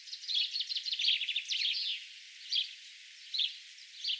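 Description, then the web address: Eurasian wren giving a quick rattling trill of high notes, followed by three short separate chips. "SETE Troglodytes troglodytes"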